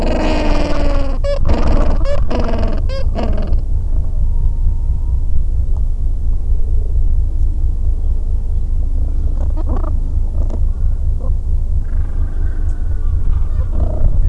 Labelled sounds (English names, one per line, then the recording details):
Gentoo Penguin
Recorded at the colony at Godthul, on 25 December 2014
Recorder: Song Meter SM2+